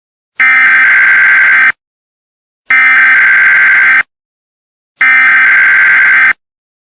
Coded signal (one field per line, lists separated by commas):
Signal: Emergency Alert System (SAME) tones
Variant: header bursts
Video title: EAS Scenario - Combine Invasion